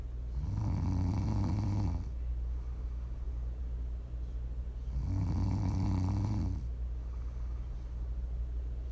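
ASMR snoring from an adult sleeper: two long, low rumbling snores on inhalation, about 4–5 seconds apart, separated by quiet breathing.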